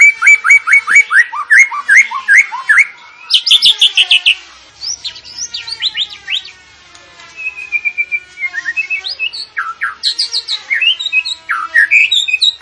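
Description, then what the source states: Sooty-headed bulbul singing a varied, energetic medley: repeated chips, rising slurs and dense buzzy trills, with short pauses between bursts. Sooty-headed bulbul singing actively (gacor); training recording for cage birds.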